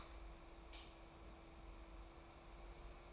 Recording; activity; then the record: daily activity, microphone in the room; light on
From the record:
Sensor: 1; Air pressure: 991.1 hPa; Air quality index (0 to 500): 107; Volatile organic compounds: 90 ppm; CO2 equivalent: 3683 ppm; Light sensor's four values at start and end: 22/51/22/23 and 26/65/27/29